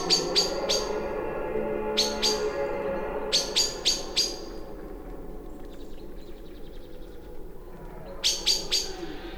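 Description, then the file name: Common blackbird giving sharp, clicking chink calls in quick bursts of three or four, plus one single call, repeated several times over a steady low background hum. "Turdus merula"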